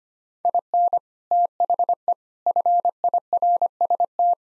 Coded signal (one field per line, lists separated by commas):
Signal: Morse code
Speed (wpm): 25 wpm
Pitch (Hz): 700 Hz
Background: none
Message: IN THE FIRST